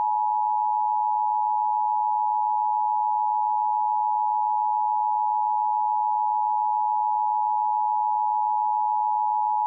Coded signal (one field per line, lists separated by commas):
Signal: Emergency Alert System (SAME) tones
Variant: 853 and 960 Hz attention tone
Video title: CODE 7- EAS Scenario